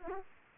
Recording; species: mosquito wingbeat signal from an infrared sensor; Aedes aegypti